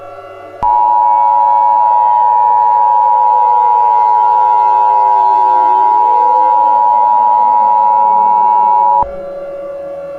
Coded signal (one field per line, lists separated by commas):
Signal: Emergency Alert System (SAME) tones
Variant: 853 and 960 Hz attention tone